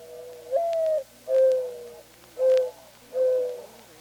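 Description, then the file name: Mourning dove cooing: four soft, low, hollow notes about a second apart, over a quiet background. Dated 15 August 1988. "1988-08-15 Mourning Dove"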